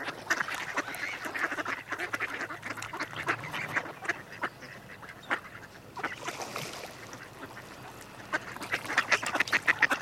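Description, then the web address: Mallards calling in a group, rapid irregular quacks and raspy notes overlapping, quieter in the middle before a louder burst of quacking at the end. Males and females. "ducks mallard males and females"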